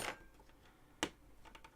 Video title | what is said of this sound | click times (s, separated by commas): Build the Ferrari 312 T4 LIVE - Pack 5 | that one's clicked in | 1.0 s